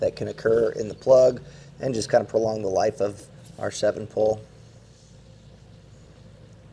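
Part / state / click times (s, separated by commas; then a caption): 7-pole trailer wiring plug into in-bed receptacle housing / not seated / none. A wired 7-pole trailer wiring plug for a Pollak 5th wheel/gooseneck T-connector on a 2015 Chevrolet Silverado 3500 is handled with dielectric grease applied to help with moisture buildup and prolong its life, ahead of going into its in-bed plastic receptacle housing. Someone talks for most of the clip, then it fades to quiet room tone. Nothing has seated or clicked yet.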